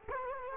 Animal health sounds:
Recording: mosquito wingbeat signal from an infrared sensor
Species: Culex quinquefasciatus

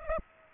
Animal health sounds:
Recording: mosquito wingbeat signal from an infrared sensor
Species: Aedes aegypti

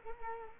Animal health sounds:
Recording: mosquito wingbeat signal from an infrared sensor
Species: Culex quinquefasciatus

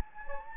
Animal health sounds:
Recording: mosquito wingbeat signal from an infrared sensor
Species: Anopheles gambiae

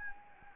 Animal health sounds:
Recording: mosquito wingbeat signal from an infrared sensor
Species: Anopheles gambiae

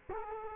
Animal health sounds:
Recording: mosquito wingbeat signal from an infrared sensor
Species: Culex quinquefasciatus

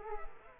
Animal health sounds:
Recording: mosquito wingbeat signal from an infrared sensor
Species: Culex quinquefasciatus

